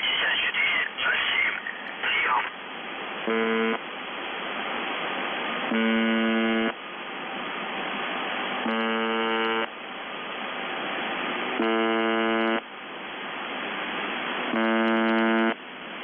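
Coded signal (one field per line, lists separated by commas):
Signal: numbers station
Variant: UVB-76 (The Buzzer)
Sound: short garbled voice, then five harsh one-second buzzes repeating over radio hiss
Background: radio static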